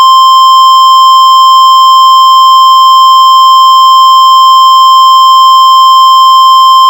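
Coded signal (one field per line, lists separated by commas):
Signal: Emergency Alert System (SAME) tones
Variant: 1050 Hz attention tone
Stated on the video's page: Fictional mini scenario made with EAS tones.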